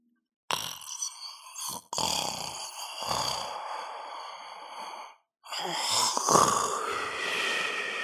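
Long, noisy breaths come in three drawn-out stretches separated by brief silences, some carrying a low rattling flutter. This is snoring from an adult sleeper, with airway tissue vibrating as breath passes during sleep.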